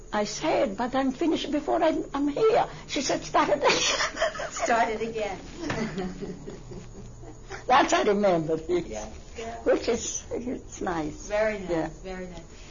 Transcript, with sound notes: "I say it, but I'm finished before I'm here. She said, "Start again." ( they laugh ) That I remember, which is nice.
Very nice, very nice.